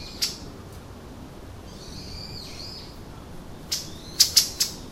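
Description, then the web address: A bird gives sharp high clicks and a drawn, wavering whistle near the middle, then a few more quick high notes toward the end over faint background hiss. "bird us sirohara"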